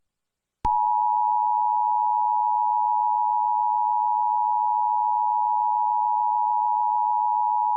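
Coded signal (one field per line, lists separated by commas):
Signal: Emergency Alert System (SAME) tones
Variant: 853 and 960 Hz attention tone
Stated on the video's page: Fictional mini EAS scenario.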